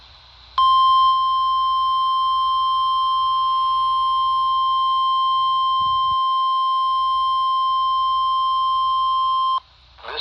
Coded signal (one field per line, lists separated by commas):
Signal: Emergency Alert System (SAME) tones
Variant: 1050 Hz attention tone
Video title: (EAS "#460") Required Weekly Test from KJY85 (Statesville, NC) - 11/6/2024